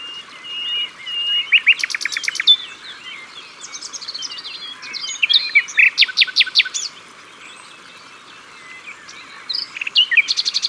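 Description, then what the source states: Common nightingale delivering loud bursts of rapid repeated notes several times, separated by softer chattering phrases. At the water's edge.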